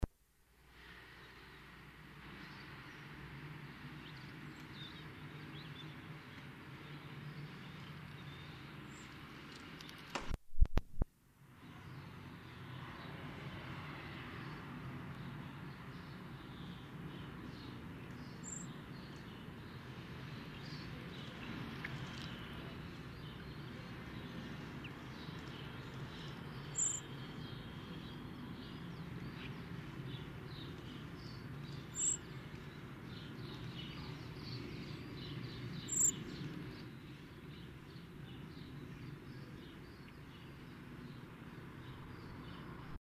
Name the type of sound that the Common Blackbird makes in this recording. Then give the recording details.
call. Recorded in the wild. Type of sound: call. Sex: female. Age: adult. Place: Kaiserslautern, Rheinland-Pfalz, DE. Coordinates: 49.4283, 7.77889. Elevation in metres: 279. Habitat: garden. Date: 1977-03-07. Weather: sonnig, warm. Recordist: Tretzel, Erwin. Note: Garten, Kaiserslautern: Rufe nach Bad, dem badenden Männchen gegenüber